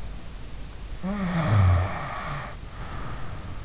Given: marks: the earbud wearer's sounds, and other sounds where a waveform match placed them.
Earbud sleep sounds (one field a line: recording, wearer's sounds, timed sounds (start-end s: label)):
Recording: sounds in sleep by an in-ear microphone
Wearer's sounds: snoring breath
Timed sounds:
0.93-3.57 s: snoring breath